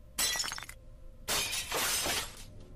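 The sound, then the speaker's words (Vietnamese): A bowl of medicine, knocked from a woman's hand, crashes to the floor and shatters, two bright bursts of breaking crockery with a brief pause between them, the second longer with scattering shards. “Bỗng nhiên chát một cái, bà Tư vung tay, bát thuốc trong tay bà Ba rơi xuống đất vỡ tan tành.”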